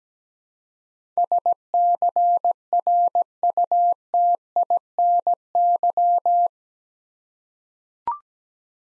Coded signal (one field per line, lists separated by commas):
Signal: Morse code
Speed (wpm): 17 wpm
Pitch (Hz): 700 Hz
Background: none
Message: SCRUTINY